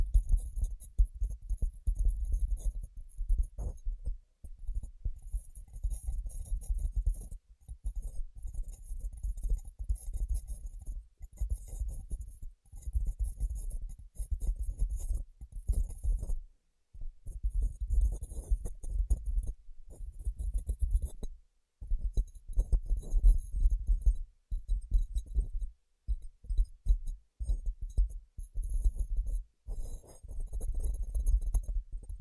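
Rapid, dense tapping runs almost without pause, dull low thuds mixed with light clicking and clinking. The pace shifts between bursts, with brief silent breaks near 4, 16, 21, 25 and 28 seconds. No voice is heard.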